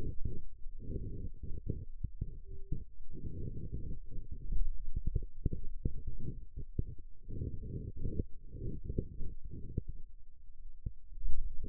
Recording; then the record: forearm muscle sounds (acoustic myography)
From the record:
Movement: pen grasping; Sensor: system 2, bracelet of six BSWA MPA416 microphones around the upper forearm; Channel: 6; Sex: male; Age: 22 years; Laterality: right